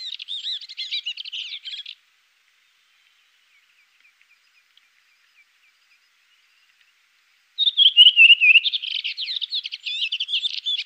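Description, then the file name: Redwing song: a burst of scratchy twitter, several seconds of near silence, then a falling whistled phrase followed by more twittering. "koperwiek redwing"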